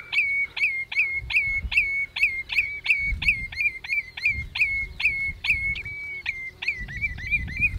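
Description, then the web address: Spotted redshank calls: a rapid series of sharp, clipped notes, each with a brief upward flick, over low rumbling background noise. "Spotted-Redshank دانلود-صدای-آبچلیک-خالدار"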